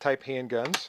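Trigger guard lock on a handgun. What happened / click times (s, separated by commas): No seating click; only speech is heard, the lock has not yet closed / none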